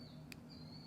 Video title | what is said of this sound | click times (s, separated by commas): Retrofit 2021 Toyota 4Runner LED headlight onto 2014-2020 4Runner models | you should hear a slight little pop there or a little click so now it's fully seated | 0.3 s